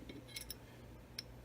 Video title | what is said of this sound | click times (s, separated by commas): Ruger Security 9 Guide Rod Installation by Gara's Customs | it clicked in place you'll see that it's in all the way | 1.2 s